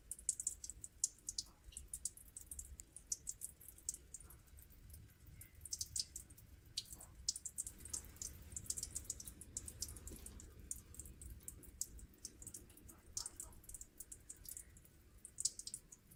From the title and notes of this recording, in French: Rivière expérimentale afin d'observer les phénomènes d'érosion de transport des sédiments et de dépôt (sédimentation).